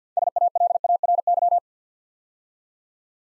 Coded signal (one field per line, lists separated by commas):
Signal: Morse code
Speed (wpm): 50 wpm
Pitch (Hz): 700 Hz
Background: none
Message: SALARY